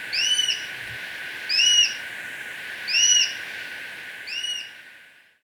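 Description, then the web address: Plain-breasted Hawk calling: a series of four shrill, down-curving whistles at even intervals, the last one fainter, with constant hiss behind. Recorded in Ecuador, South America. "Birds of Ecuador. Plain-Breasted Hawk"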